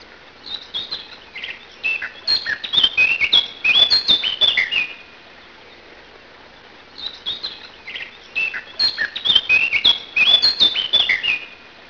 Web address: singvoegel moenchsgrasmuecke